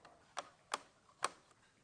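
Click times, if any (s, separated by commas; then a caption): 0.4 s, 0.7 s, 1.2 s. A sliding guide on a paper-craft scoring/envelope board is slid across and passes through detents, giving three sharp clicks at about 0.4 s, 0.7 s and 1.2 s. Fainter ticks sit in between. After the third click the guide locks into position in envelope mode.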